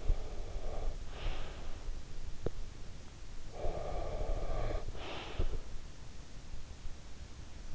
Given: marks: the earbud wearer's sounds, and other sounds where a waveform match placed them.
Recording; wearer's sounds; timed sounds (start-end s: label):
sounds in sleep by an in-ear microphone; breath
0.00-2.48 s: breath
3.48-5.65 s: breath